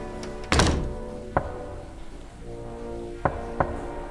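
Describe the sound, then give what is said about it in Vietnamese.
Hollow knocks on a door, about four in total: a heavy first thunk, then single raps spaced unevenly, the last two close together. A low steady hum continues underneath. “Tiếng gõ cửa cứ vang lên như vậy. Cộc, cộc, cộc.”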